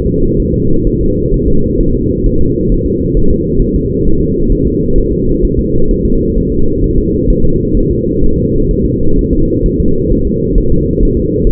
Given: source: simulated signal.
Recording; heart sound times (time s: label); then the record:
fetal heart sounds
0.06 s: S2
0.40 s: S1
0.54 s: S2
0.87 s: S1
1.01 s: S2
1.34 s: S1
1.48 s: S2
1.80 s: S1
1.95 s: S2
2.26 s: S1
2.41 s: S2
2.72 s: S1
2.86 s: S2
3.17 s: S1
3.31 s: S2
3.62 s: S1
3.76 s: S2
4.07 s: S1
4.21 s: S2
4.52 s: S1
4.67 s: S2
4.98 s: S1
5.12 s: S2
5.45 s: S1
5.59 s: S2
5.91 s: S1
6.05 s: S2
6.38 s: S1
6.52 s: S2
6.84 s: S1
6.98 s: S2
7.30 s: S1
7.45 s: S2
7.77 s: S1
7.91 s: S2
8.24 s: S1
8.38 s: S2
8.71 s: S1
8.85 s: S2
9.19 s: S1
9.33 s: S2
9.66 s: S1
9.80 s: S2
10.12 s: S1
10.27 s: S2
10.58 s: S1
10.72 s: S2
11.03 s: S1
11.17 s: S2
11.47 s: S1
From the record:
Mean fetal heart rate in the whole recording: 130 bpm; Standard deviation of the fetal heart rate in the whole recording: 4 bpm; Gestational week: 38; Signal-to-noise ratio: -17.7 dB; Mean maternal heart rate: 72 bpm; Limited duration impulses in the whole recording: present